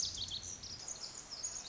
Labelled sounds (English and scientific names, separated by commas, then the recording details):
Pacific Wren (Troglodytes pacificus)
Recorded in Sonoma County, California